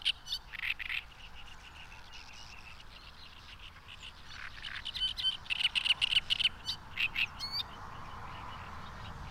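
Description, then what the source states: Frogs calling in short pulsed notes that bunch up midway through, over a steady low rumble. Frogs calling at a lake, with highway traffic noise in the background.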